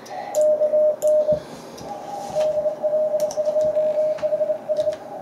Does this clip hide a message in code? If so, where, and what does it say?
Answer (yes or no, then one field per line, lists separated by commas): yes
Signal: Morse code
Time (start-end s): 0.4-4.9 s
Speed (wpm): 20 wpm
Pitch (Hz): 610 Hz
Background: radio noise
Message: KN DL2HS